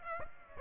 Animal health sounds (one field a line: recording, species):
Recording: mosquito wingbeat signal from an infrared sensor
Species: Aedes aegypti